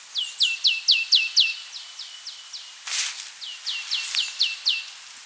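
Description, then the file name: Marsh tit giving rapid runs of sharp, downward-sweeping chips, two bursts of repeated notes separated by a brief loud noise burst near the middle. "Poecile palustris"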